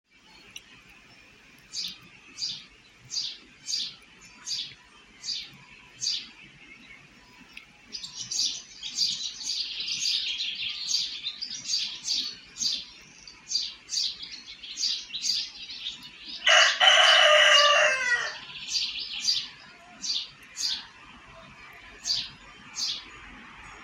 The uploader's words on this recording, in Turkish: Huzur Veren Doğa Sesleri. Kuş Sesleri.